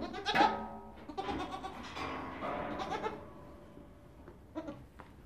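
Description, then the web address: Goat giving loud quavering bleats, a strong first call followed by several softer trembling bleats that fade toward the end. Male goat. "козел"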